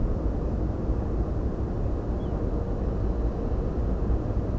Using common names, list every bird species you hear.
Little Ringed Plover